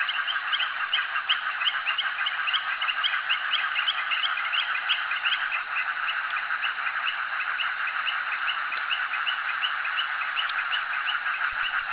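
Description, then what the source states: Frogs calling in a dense chorus, many rapid overlapping pulsed notes forming a continuous rattling wash that barely changes throughout. Frogs calling at a jetty.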